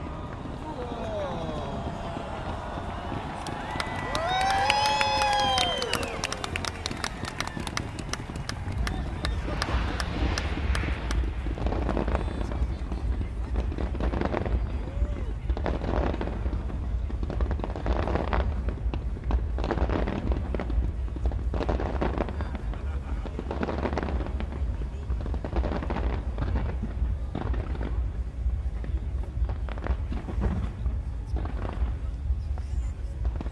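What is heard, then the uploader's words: Fireworks pop and crackle in dense bursts from about ten seconds on over a crowd's murmur, after early whistling rockets rising in pitch. Sydney Harbour Fireworks New Years Evening. It's recorded using two microphones placed as if they were human ears. We start this new season appropriately with the world famous Sydney Harbour fireworks, recorded live on the Benellong lawn of the Royal Botanical Gardens, overlooking the Sydney Opera House and Harbour bridge.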